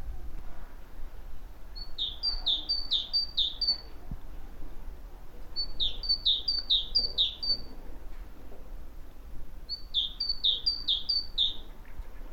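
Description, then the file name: Great tit song: bright two-note phrases, high then lower, repeated several times per burst, with three bursts about four seconds apart over a soft low rumble. "Parus major"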